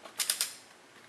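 A 1/2 inch click-type torque wrench set to 90 ft-lb tightens a wheel lug nut through a socket. Sharp metallic clicks ring out at 0.3 s and 0.4 s, with a lighter transient near 0.2 s, before the sound fades to quiet. The wrench clicks at its set torque, confirming the lug nut has reached 90 ft-lb.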